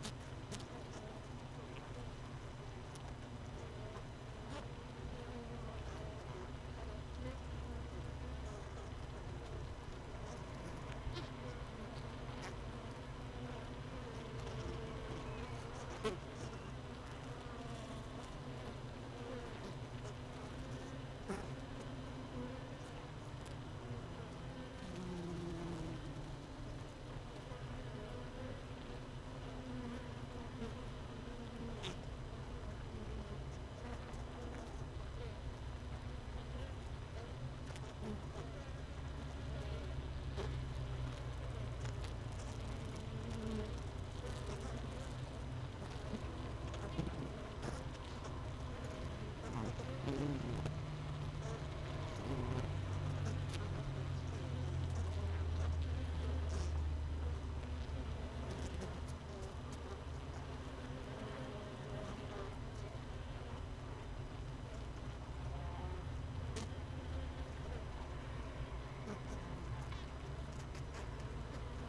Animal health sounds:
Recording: honeybee colony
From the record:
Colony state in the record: missing queen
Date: 31 May 2018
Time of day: 16:44

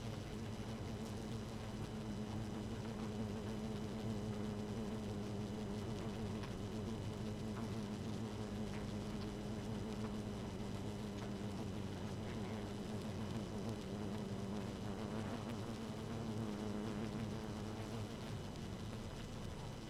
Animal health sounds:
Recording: honeybee colony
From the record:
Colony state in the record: active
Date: 12 June 2018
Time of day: 0:09

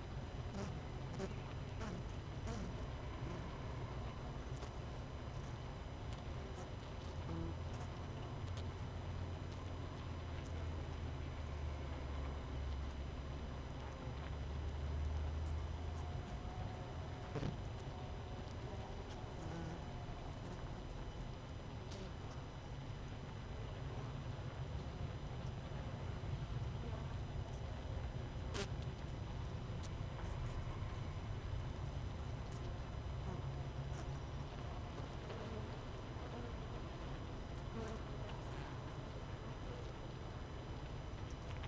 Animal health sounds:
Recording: honeybee colony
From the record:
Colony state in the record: missing queen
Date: 31 May 2018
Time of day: 18:20

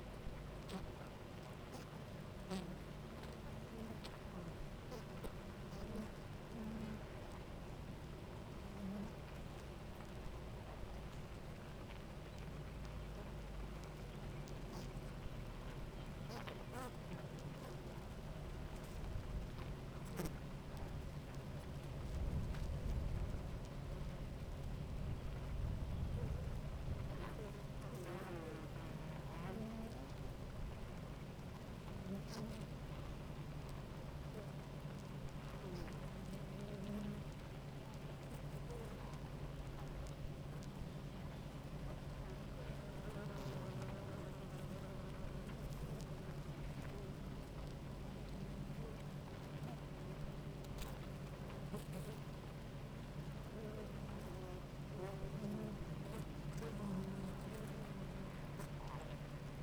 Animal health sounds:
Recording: honeybee colony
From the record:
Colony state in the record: active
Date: 28 July 2017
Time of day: 10:03

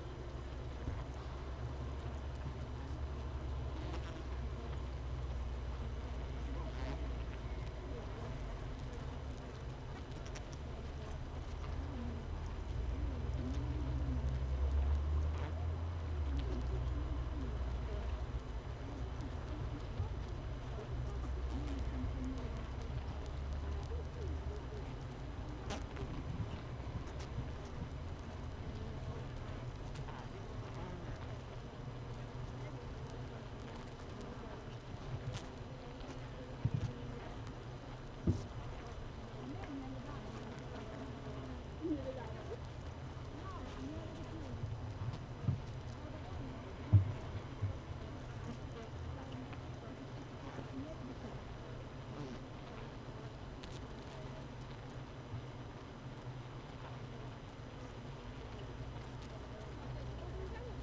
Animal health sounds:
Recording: honeybee colony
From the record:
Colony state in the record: missing queen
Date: 31 May 2018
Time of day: 15:57

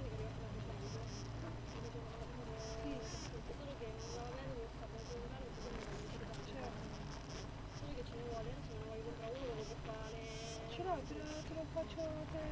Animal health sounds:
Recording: honeybee colony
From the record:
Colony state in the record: missing queen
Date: 14 July 2017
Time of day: 7:40

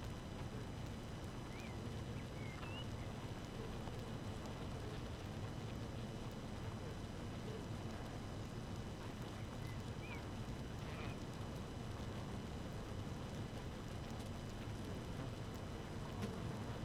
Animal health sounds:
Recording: honeybee colony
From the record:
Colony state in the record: active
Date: 12 June 2018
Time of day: 5:19

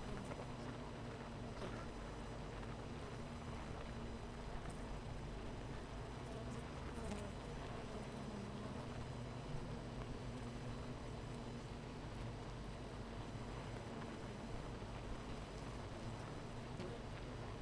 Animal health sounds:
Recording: honeybee colony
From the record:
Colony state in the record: missing queen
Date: 14 July 2017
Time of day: 9:17

